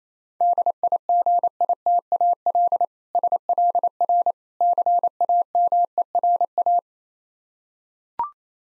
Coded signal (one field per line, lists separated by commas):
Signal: Morse code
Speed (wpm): 28 wpm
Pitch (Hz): 700 Hz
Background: none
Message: DIGITAL SLR CAMERA